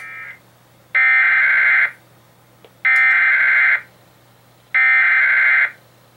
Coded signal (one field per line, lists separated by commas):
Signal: Emergency Alert System (SAME) tones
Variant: header bursts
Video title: 20 YEARS OF LIVING... EAS Tests from October, 2021 (EAS #6,376 - 6,397)